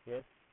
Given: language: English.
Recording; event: throat vibration sensor signal played as sound; speech